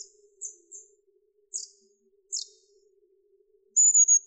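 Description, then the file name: Long-tailed tit calls: a few very high, thin, short descending notes, then a sustained high whistle near the end, over a faint low hum. "La mésange à longue queue - Damien Drillet"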